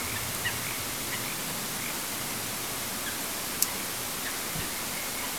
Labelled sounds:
Eurasian Coot
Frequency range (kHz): Eurasian Coot 1.4-4.0 kHz
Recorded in France

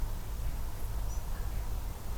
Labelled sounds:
Spotted Flycatcher
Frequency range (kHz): Spotted Flycatcher 5.5-7.4 kHz
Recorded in France

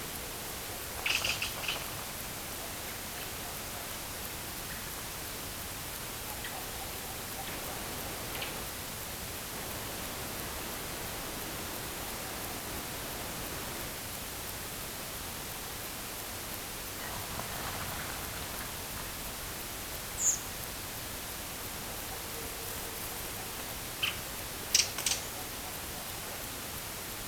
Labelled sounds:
Redwing
unidentified sound
unidentified animal sound
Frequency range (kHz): Redwing 0.5-10.4 kHz
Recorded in France

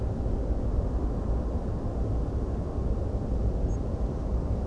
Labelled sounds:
Spotted Flycatcher
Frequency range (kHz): Spotted Flycatcher 6.3-8.0 kHz
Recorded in France

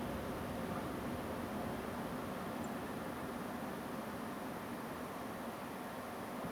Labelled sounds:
Song Thrush
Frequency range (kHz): Song Thrush 6.9-8.8 kHz
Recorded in France

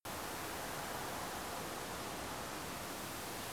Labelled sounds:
none
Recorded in France

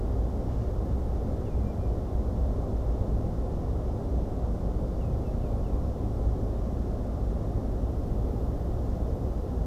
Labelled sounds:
Common Redshank
Common Greenshank
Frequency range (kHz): Common Redshank 2.3-3.1 kHz; Common Greenshank 2.3-3.3 kHz
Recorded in France

